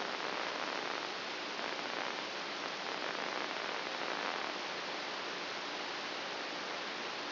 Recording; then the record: brain microelectrode recording played as sound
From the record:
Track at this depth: inside the subthalamic nucleus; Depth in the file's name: 2.205 mm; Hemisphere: right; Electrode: 2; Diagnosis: Parkinson's disease